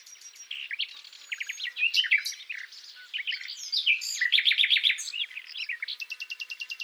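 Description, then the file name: Common nightingale singing dense, varied phrases of quick chirps and slurred notes, ending with a rapid series of evenly repeated notes. "Luscinia megarhynchos"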